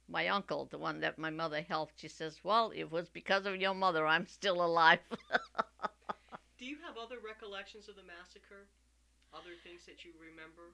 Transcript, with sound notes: my uncle, the one that my mother helped, he says, "Well, it was because of your mother I'm still alive." ( she laughs )
Do you have other recollections of the massacre, other things that you remember?